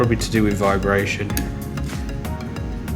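A rubber fan mounting pin, used instead of a screw likely to reduce vibration, is handled and pulled into a CPU cooler fan hole while someone talks over faint background music. Brief knocks and rubbing sounds occur around 1.8, 2.3, 2.6 and 2.9 seconds. Nothing has seated or clicked yet; the pin is not yet home when the clip ends.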